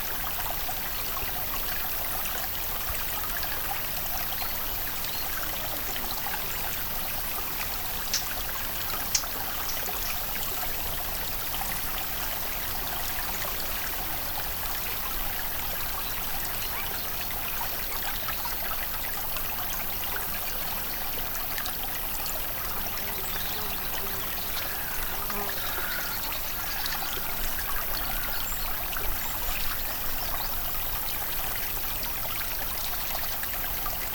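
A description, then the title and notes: A mountain creek runs steadily over stones, a dense, even wash of trickling and splashing that stays bright throughout. Small gurgles and drips pop out here and there, with a slightly louder splash near nine seconds and again around twenty-nine. Sparkling Mountain Creek.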